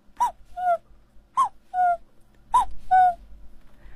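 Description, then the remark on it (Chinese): A jaw harp, held in the mouth and plucked by hand with sounds from deep in the throat, imitates a young cuckoo: three bright two-note calls, each a higher note dropping to a lower one, with twangy plucked attacks and short pauses between, no talking. “比如说年轻一点的这个比较小一点的布谷鸟哈，它是非常阳光的。”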